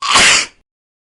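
A single adult sneeze: a brief, explosive burst of broadband noise, mostly high-pitched, lasting about half a second and then fading out.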